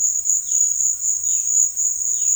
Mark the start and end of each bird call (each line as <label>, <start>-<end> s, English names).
Violaceous Jay, 0.32-2.36 s